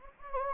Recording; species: mosquito wingbeat signal from an infrared sensor; Anopheles gambiae